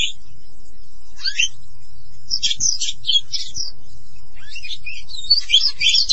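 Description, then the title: Oriental magpie-robin giving scattered short bursts of scratchy, high song phrases over a steady low hum, with quieter stretches between. "Kacer"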